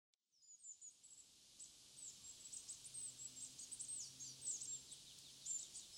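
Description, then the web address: Coal tit calls: a busy run of high, thin, sharp notes and short slurred whistles, growing denser midway, with a faint low hum underneath. Recorded in Sapporo on 19 March 2011. "koe higara 110319 sapporo namba"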